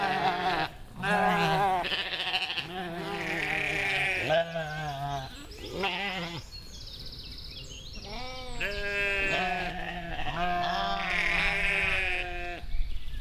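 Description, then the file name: Sheep flock bleating, a long run of quavering bleats from several animals, some overlapping, with only brief gaps between them. "schafe"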